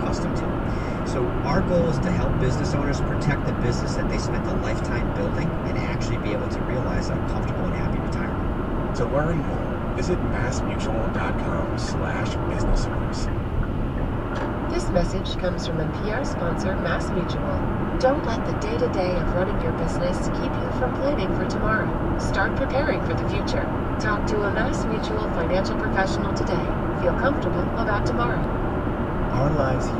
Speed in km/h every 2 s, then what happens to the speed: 109, 108, 108, 105, 105, 105, 105, 105, 105, 105, 105, 105, 108, 108, 108.
0-30 steady at about 105.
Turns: none.